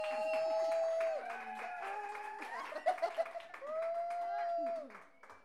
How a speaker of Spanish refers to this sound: Graba. Y ahora aplaudimos.